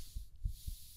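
Soft, deep, muffled thumps in a steady rhythm: an adult woman's heartbeat heard up close with the ear resting against her chest.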